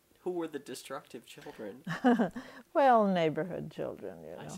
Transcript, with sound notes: Who were the destructive children?
(she laughs) Well, neighborhood children, you know.